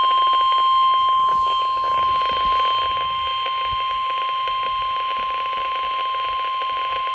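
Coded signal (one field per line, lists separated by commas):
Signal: Emergency Alert System (SAME) tones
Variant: 1050 Hz attention tone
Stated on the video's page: Severe thunderstorm warning received on weather radio stations.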